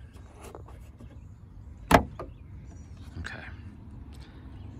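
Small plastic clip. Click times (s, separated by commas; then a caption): 1.9 s. A new plastic hood latch release spring piece for a 2000–2006 Mercedes S-Class is pushed by hand into its mount on the hood latch assembly so the side tabs click in and hold. Several short hits and light handling noises are heard, with the loudest sharp click at 1.9 s. The spring piece seats.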